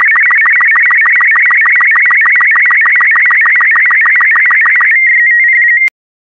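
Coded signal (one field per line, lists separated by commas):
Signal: SSTV (slow-scan television)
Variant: Robot36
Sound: rapid warbling, scratchy tone with fast regular ticks, ending in a short two-tone chirp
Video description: This video has been specially made to be decoded using the SSTV Robot36 format.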